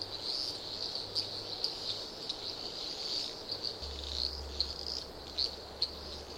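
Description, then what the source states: Crickets in a steady high-pitched trill, with brief louder chirps popping out at irregular intervals over a constant insect hum. Various Australian insects, crickets calling in a loop.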